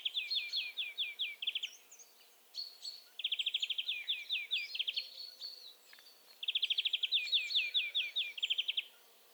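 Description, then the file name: European greenfinch trills, three bursts of quick high ticking notes ending in slower slurred notes, with fainter notes between. "Chloris chloris"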